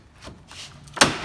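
A flathead screwdriver is wedged into the front bumper cover of a 2014–2018 GMC Sierra / Chevy Silverado to pry out a plastic safety-locked clip that holds the cover to the truck body. After faint scraping and prying noises, a sharp, loud pop sounds at 1.0 s as the clip pops free and its safety is released.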